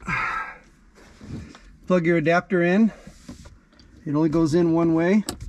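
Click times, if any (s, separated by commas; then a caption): none. A plastic speaker wiring adapter plug is handled at the door speaker harness connector of a 2023 Toyota RAV4 TRD Pro during a JBL speaker upgrade; the plug only goes in one way. Someone talks while brief faint handling ticks are heard around 1.6 and 3.7–3.8 seconds. The clip ends before the plug goes home, so nothing has seated or clicked yet.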